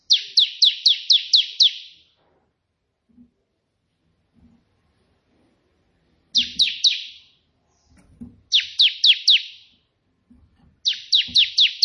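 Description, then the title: Prinia repeating bright, downslurred chips in fast runs of a few to several notes, separated by silent gaps, with faint low taps. A white prenjak singing three variations of the 'tembakan' song style, suitable as tutor song for training pet prenjak. "3 VARIASI TEMBAKAN prenjak putih ini COCOK untuk masteran prenjak anda"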